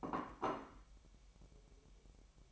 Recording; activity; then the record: daily activity, microphone in the room; place plate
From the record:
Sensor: 1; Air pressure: 1002.0 hPa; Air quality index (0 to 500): 243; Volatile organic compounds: 48 ppm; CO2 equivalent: 3273 ppm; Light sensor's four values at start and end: 8/28/10/11 and 8/28/10/11